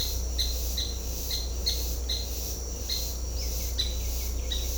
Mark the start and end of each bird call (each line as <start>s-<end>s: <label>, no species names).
0.00s-0.07s: bird call
0.34s-0.47s: bird call
0.76s-0.85s: bird call
1.29s-1.73s: bird call
2.07s-2.15s: bird call
2.84s-2.95s: bird call
3.75s-3.87s: bird call
4.49s-4.65s: bird call